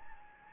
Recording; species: mosquito wingbeat signal from an infrared sensor; Anopheles gambiae